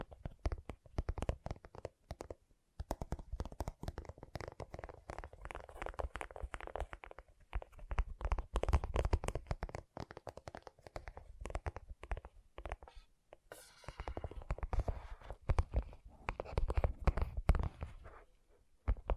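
Gentle tapping, soft and rapid, runs almost the whole way through in dense clusters of quick taps mixed with scratchy rubbing. The pace shifts, with brief pauses near 2.5 and 13.5 seconds, and the sound stays mostly low and muted.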